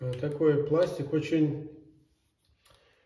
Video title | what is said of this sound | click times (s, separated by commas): Техника бритья SK 式 1, мое виденье… | И ко всему прочему, он еще с щелчком. | 2.7 s